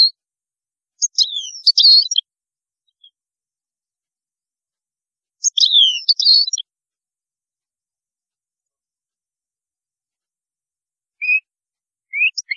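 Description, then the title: European goldfinch song, two brief twittering phrases of sharp chirps a few seconds apart, with a few more notes near the end. "Chant Chardonneret"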